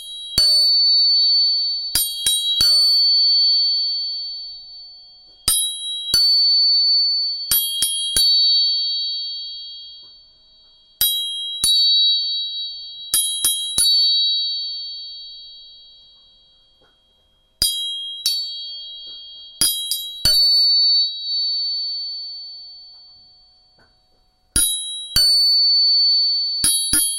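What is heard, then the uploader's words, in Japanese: A tuning fork is struck again and again, each sharp tap leaving a pure, high ringing tone that slowly fades. The strikes come in small clusters of two or three roughly every six seconds, close and clear in a quiet room. 音叉チューニング3本。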